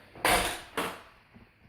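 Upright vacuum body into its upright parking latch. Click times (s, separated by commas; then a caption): 0.3 s. The body of a Dyson Cinetic Big Ball Animal Plus Allergy upright vacuum is moved back to the upright position, and its parking latch engages with a loud, sharp plastic click at 0.3 s. A second, slightly softer broadband click follows at about 0.8 s, then only faint ticks as it fades out. The body is locked upright.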